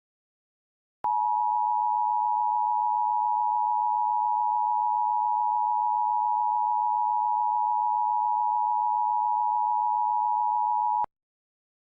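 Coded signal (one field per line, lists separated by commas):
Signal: Emergency Alert System (SAME) tones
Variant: 853 and 960 Hz attention tone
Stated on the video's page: Reenacted mock law enforcement warning tones for Billings, Montana.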